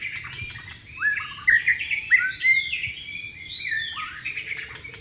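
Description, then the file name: White-rumped shama song of sweeping whistled phrases that rise and fall, fluty and continuous, against a soft background hiss. "suara burung murai batu di alam liar"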